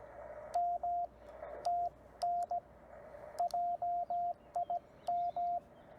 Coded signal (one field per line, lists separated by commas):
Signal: Morse code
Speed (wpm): 17 wpm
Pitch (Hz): 690 Hz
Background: radio noise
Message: M TN JIM